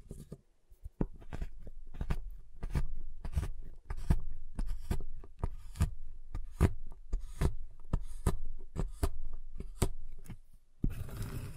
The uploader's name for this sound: Giant Chocolate Bar Tapping, Cutting, Snapping Sounds